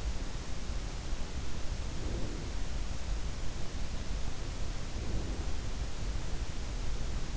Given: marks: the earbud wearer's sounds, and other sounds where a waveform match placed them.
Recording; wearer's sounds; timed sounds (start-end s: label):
sounds in sleep by an in-ear microphone; breath
1.69-2.87 s: breath
4.51-5.80 s: breath